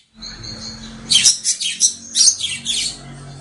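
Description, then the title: Oriental magpie-robin song: a quick burst of high, sharp chirps and twittering notes after a faint thin whistled phrase, with a low hum underneath. "Kacer"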